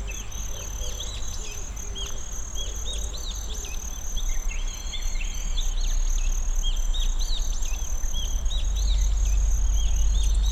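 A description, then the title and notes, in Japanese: Kinhibari crickets in Tsuruoka chirp in thin, very high steady trills that run through the whole recording. Many birds call over them, bright whistles and short phrases coming every second or so. A low rumble sits underneath and grows slightly louder toward the end. 鶴岡市のキンヒバリの声。ウグイスやアカショウビン、クロツグミ、ホオジロほか、鳥の声もたくさん入っています。ZOOM F6, Sennheiser MKH802。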